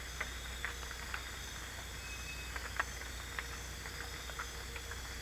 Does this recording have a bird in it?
no